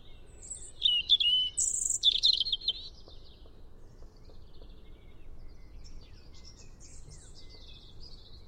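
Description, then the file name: European robin song: a bright, rapid phrase of high, thin trills and twitters in the first seconds, followed by quieter scattered high notes over faint background noise. "Erithacus rubecula"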